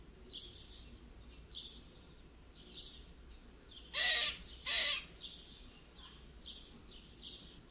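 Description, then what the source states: Squirrel squeaks: two harsh, noisy bursts close together midway, with faint high chirps repeating quietly in the background. Weird squeak.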